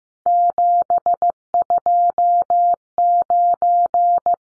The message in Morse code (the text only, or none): 729